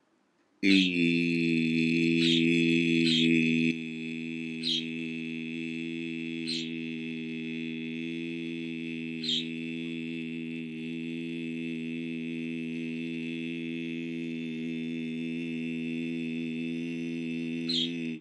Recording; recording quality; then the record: sustained vowel as in beet; moderate, slight background noise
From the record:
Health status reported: healthy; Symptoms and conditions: hypertension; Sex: male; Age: 48 years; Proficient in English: yes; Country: India